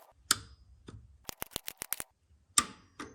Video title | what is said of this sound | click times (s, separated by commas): Oil Pump Install (Step By Step Guide) - 46-71 Jeep & Willys | Tighten these until they click as well, and they're torqued to spec. | 0.3 s, 2.6 s